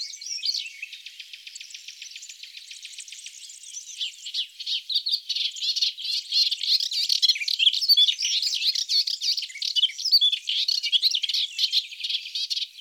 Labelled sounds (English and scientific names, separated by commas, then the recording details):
Melodious Warbler (Hippolais polyglotta) song
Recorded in the wild
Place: St. Laurent des Arbres und Umgebung, FR
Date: 2008-05-15
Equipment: MiniDisc Sharp MT 20 H
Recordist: Schwarz, Dieter
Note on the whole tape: Song